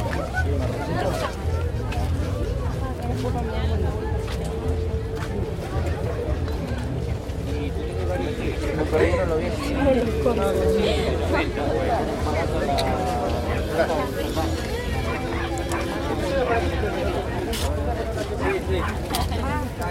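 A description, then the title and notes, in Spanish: A busy fair or market with many voices talking at once, a steady crowd murmur that never lets up over the whole stretch. Speakers rise out of the babble now and then, over a low rumble that could be passing traffic. Ferias y mercados. Feria de la Ciudad ("Mercado de pulgas"). Parque Independencia; Avda. Pringles e/ Balboa y D'orbigny. 18.42hs aprox.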